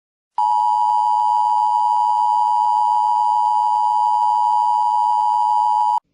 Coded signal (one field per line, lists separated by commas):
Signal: Emergency Alert System (SAME) tones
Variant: 853 and 960 Hz attention tone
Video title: EAS: Paranormal Emergency